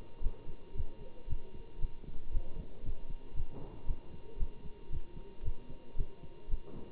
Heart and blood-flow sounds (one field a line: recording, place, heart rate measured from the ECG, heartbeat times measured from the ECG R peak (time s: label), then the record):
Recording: heart sounds by stethoscope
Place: between the tricuspid and mitral areas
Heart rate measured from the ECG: 115 bpm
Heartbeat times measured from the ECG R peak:
0.21 s: heartbeat
0.73 s: heartbeat
1.26 s: heartbeat
1.79 s: heartbeat
2.31 s: heartbeat
2.82 s: heartbeat
3.33 s: heartbeat
3.85 s: heartbeat
4.37 s: heartbeat
4.89 s: heartbeat
5.42 s: heartbeat
5.95 s: heartbeat
6.48 s: heartbeat
From the record:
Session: Bruce protocol treadmill stress test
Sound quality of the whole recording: good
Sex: male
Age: 25 years